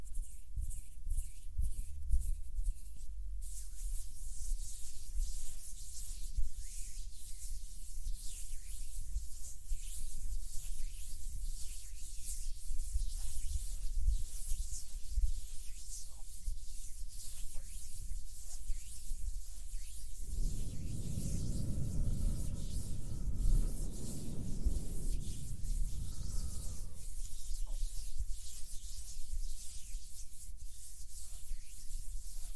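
Hands rub and brush steadily with soft, airy hiss, and a deeper muffled rumble swells in from about twenty to twenty-seven seconds.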